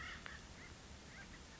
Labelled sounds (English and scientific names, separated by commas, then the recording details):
Acorn Woodpecker (Melanerpes formicivorus)
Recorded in Sonoma County, California